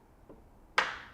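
A billet aluminum tie-down ring on a 2024 Tacoma truck-bed mount is folded closed, and a spring-loaded ball detent snaps it into place with a sharp, loud click at 0.8 s that rings out and fades. A faint tick comes just before at 0.3 s. The ring is seated closed.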